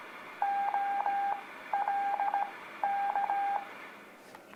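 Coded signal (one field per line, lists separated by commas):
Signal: Morse code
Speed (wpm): 17 wpm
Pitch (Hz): 800 Hz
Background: radio noise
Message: OLK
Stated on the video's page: Beginner Morse practice of letters K, L, M, N, O, aimed at kids.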